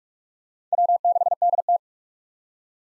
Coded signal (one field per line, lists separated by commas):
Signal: Morse code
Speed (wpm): 47 wpm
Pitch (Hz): 700 Hz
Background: none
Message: W6DT